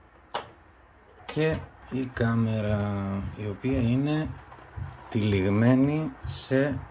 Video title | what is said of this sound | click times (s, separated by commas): GoPro Hero 10 Unboxing! - Τι περιέχει το κουτί? | την βίδα, και η βάση αυτή κουμπώνει εδώ, | 0.4 s